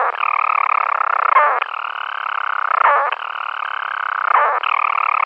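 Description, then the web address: European storm petrel purring call: a steady, buzzy churr that runs on and breaks into a brief hiccup about every one and a half seconds. "Schulze Peter European Storm-Petrel"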